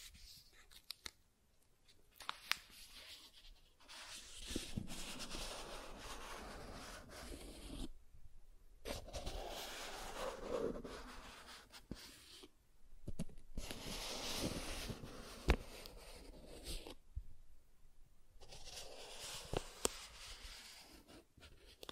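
Soft tracing across surfaces comes in long, even strokes of hushed scraping, each lasting a few seconds. Quiet gaps separate them, near 1, 8, 12.5 and 17 seconds. Small ticks and taps dot the strokes, and the texture shifts slightly between smoother and grittier passes.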